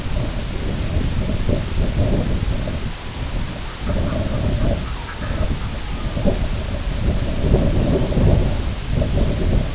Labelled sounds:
Red-throated Loon (Gavia stellata)
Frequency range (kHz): Red-throated Loon (Gavia stellata) 0.7-1.9 kHz
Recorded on Arctic tundra, site IGLO-B, on 23 June 2018
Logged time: 13:59

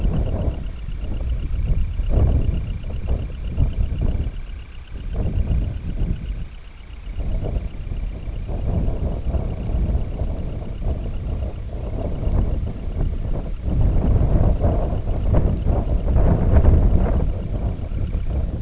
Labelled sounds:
Dunlin (Calidris alpina), unidentified sound
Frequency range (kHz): Dunlin (Calidris alpina) 0.1-4.0 kHz
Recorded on Arctic tundra, site IGLO-D, on 18 June 2018
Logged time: 04:00

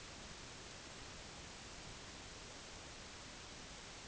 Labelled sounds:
none
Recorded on Arctic tundra, site NAIT-1, on 25 June 2019
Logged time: 10:00

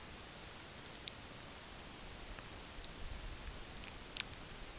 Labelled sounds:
none
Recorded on Arctic tundra, site UTQI-8, on 15 June 2019
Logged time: 22:00

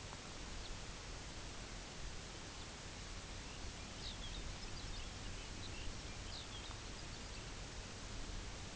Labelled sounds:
Lapland Longspur (Calcarius lapponicus)
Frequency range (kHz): Lapland Longspur (Calcarius lapponicus) 1.7-6.1 kHz
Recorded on Arctic tundra, site UTQI-0, on 17 June 2019
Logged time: 18:00

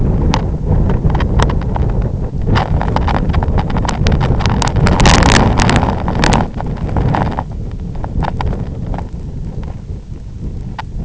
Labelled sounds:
none
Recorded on Arctic tundra, site IGLO-F, on 23 June 2018
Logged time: 12:00

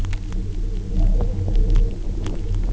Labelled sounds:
none
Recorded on Arctic tundra, site UTQI-0, on 27 June 2018
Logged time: 04:00

